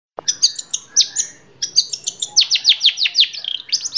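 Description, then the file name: Long-tailed shrike song: a varied run of sharp high chirps and quick downslurred notes, speeding into a rapid sequence of descending whistles near the end. Song in combination variations. "kombinasi cendet variasi"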